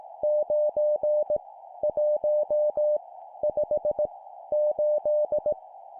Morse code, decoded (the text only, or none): 9 1 5 8